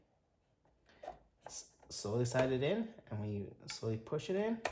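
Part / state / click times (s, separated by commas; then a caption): memory module into motherboard DIMM slot / not seated / none. A memory module (RAM stick) is oriented and lined up over a motherboard DIMM slot before being slowly pushed in, and someone talks throughout. Faint handling sounds come near 0.9 s, 1.1 s and 1.5 s, but nothing has seated or clicked yet.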